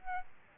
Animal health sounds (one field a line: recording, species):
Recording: mosquito wingbeat signal from an infrared sensor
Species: Aedes albopictus